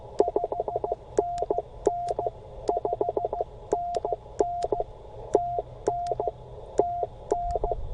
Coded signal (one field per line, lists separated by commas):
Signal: Morse code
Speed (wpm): 16 wpm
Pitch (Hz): 690 Hz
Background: none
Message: 5NN 5NN TN TN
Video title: CW Key Failure during POTA!!! Thank goodness for spares